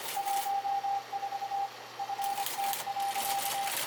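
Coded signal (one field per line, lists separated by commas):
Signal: Morse code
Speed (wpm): 23 wpm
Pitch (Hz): 800 Hz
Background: none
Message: 14 FT.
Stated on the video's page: Commercial Morse transmitted by the last active US Morse coast station, run by volunteers as a living museum.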